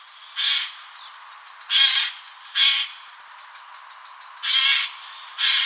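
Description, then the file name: Eurasian jay giving loud harsh rasping screeches, five calls at irregular intervals, with faint clicking sounds between them. "Garrulus glandarius"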